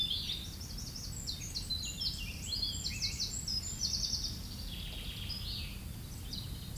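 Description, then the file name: European robin singing fast, high, wavering phrases of trills and thin squeaky notes that fade toward the end, over a steady low rumble. Recorded 9 May 2022 at 09:41. "erirub-sn 02-20220509-094100"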